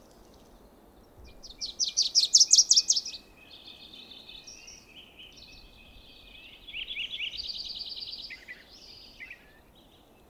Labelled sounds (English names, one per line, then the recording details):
Wilson's Warbler song
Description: Wilson's Warbler song recorded at the Alluvial Fan in Rocky Mountain National Park
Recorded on 19 May 2016